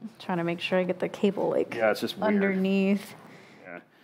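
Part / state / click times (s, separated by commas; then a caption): internal PC cable connector into its header / not seated / none. An internal PC cable connector is handled near its header while the cable is routed underneath, as someone talks throughout. Faint handling rustles sit under the talk. Nothing has seated or clicked yet.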